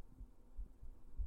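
Soft, muffled low thumps recur over a faint background hum, with about two to three beats in just over a second. This is a mother's heartbeat picked up through the chest wall with the microphone pressed very firmly against it, with a steady rhythm and no added sounds.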